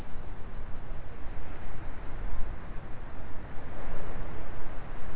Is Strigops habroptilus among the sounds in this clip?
no